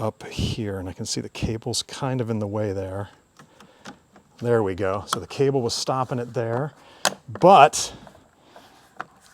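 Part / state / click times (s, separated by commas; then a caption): third brake light unit into rear housing / seated / 9.0 s. Someone talks while fitting an Oracle Lighting LED third brake light into the rear housing of a 2020 Jeep Wrangler JL Unlimited, clearing a cable that was blocking it, and a few faint taps sound between 3.4 and 4.2 s. The upper side of the plastic brake light is pushed home and snaps in with a sharp click at 9.0 s, seating the upper clip.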